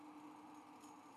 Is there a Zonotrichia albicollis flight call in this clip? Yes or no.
no